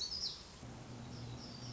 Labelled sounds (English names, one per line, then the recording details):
Black-throated Gray Warbler
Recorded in Sonoma County, California